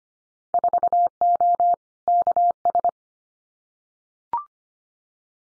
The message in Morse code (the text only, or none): 4O KS